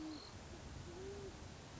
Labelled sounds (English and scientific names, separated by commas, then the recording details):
Great Horned Owl (Bubo virginianus)
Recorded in Sonoma County, California